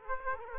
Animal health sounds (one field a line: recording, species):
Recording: mosquito wingbeat signal from an infrared sensor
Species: Aedes aegypti